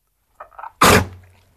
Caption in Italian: Un colpo di tosse con catarro da rinotonsillite.